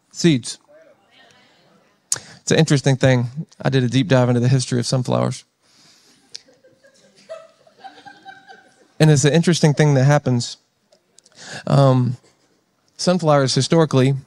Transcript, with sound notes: Seeds. It's an interesting thing. I did a deep dive into the history of sunflowers. [laughter] And it's an interesting thing that happens. Um, sunflowers historically